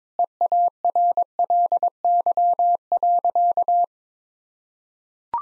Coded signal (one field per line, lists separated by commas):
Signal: Morse code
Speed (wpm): 22 wpm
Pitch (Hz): 700 Hz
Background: none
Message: EARLY.